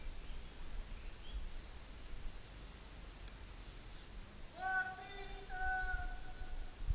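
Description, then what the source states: Bird calls: a few short harmonic notes near the end, one after another, over a steady high insect hum. Recorded in the US on 11 September 2021 at about 11:04.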